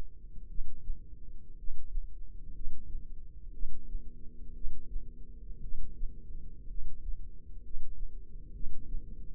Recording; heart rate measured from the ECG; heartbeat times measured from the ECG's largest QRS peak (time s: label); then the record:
heart sounds by microphone in the left ear; 60 bpm
0.46 s: heartbeat
1.55 s: heartbeat
2.52 s: heartbeat
3.51 s: heartbeat
4.52 s: heartbeat
5.60 s: heartbeat
6.66 s: heartbeat
7.61 s: heartbeat
8.51 s: heartbeat
From the record:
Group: healthy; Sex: male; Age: 25 years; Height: 170 cm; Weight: 70.4 kg